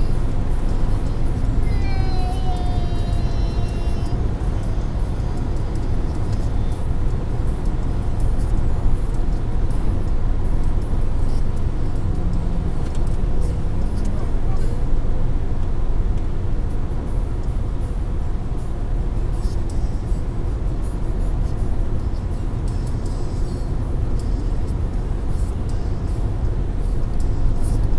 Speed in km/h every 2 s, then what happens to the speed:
150, 145, 142, 141, 138, 135, 132, 130, 128, 126, 126, 128, 130, 133.
0-17 slows to 126.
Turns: none.